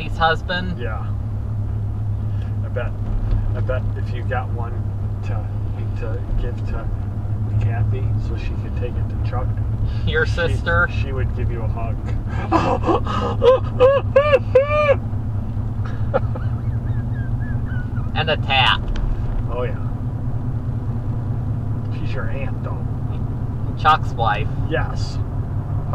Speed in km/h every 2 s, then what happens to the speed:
35, 34, 34, 35, 37, 37, 39, 40, 40, 42, 44, 45, 47.
0-5 steady at about 34. 5-26 speeds up to 47.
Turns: none.